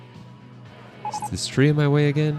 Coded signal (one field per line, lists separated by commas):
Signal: none